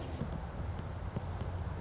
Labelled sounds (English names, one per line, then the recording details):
Song Sparrow
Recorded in Sonoma County, California